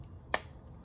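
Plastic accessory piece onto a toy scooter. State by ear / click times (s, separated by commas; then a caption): seated / 0.3 s. A small plastic piece with three holes on its back is pressed onto the top of an action-figure scooter. A single loud, sharp snap is heard at 0.3 s, and the piece seats in place.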